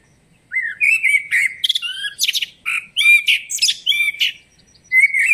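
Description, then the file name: Common blackbird singing a long, varied strophe: fluting whistles mixed with high squeaky notes and twittering, then a fresh phrase starting at the end. "Turdus merula"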